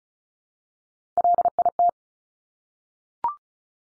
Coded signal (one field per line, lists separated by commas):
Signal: Morse code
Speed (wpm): 36 wpm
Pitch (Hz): 700 Hz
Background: none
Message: LIT